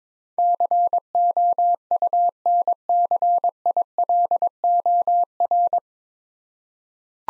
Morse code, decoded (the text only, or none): COUNCILOR